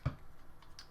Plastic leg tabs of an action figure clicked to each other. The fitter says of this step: goes in and then click these two together